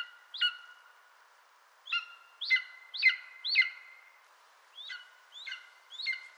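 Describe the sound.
Bird calls: short, sharp downslurred notes with stacked harmonic bands, given singly or in short runs with gaps of up to about a second and a half.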